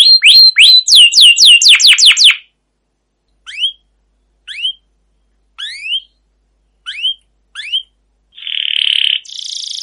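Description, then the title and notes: Canary song with a quick series of downslurred notes, then spaced single upslurred whistles and a closing buzzy roll. Canary singing a long continuous rolling song (ngerol, gacor panjang), used as a lure to train other canaries. "CUIT CUIT NGEROL LANGSUNG GACOR PANJANG Kenari Ini AMPUH Utk Pancingan KENARI PAUD BELAJAR BUNYI. burung kenari"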